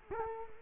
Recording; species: mosquito wingbeat signal from an infrared sensor; Culex quinquefasciatus